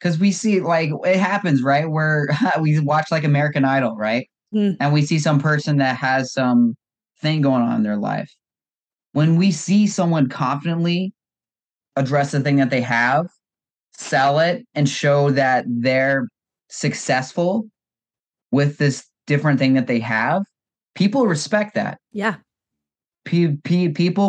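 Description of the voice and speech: An adult man, a speech-language pathologist who stutters, speaking conversationally with repeated sounds ('p-p-people') and repeated words ('when when when'), typical of stuttering.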